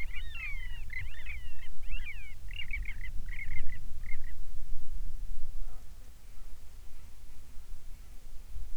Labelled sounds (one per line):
seabird
insects